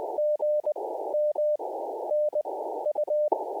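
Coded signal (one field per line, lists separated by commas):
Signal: Morse code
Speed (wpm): 20 wpm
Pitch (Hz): 600 Hz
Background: none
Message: G M N U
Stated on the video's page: CW QRP POTA activations with pile-ups at the start.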